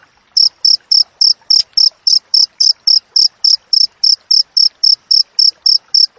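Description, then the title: Cricket starting after a short quiet moment, then producing evenly spaced high, buzzy chirps around three to four per second. Clear natural cricket chirping with tightly spaced chirps, used for training songbirds and for repelling rats. "Masteran Jangkrik Alam Jernih, Jeda Rapat Cocok Untuk Masteran Burung Dan Mengusir Tikus"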